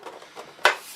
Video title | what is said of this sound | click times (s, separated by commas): Playmobil Enterprise Complete Unboxing, Build and Review | push it till it snaps in | 0.7 s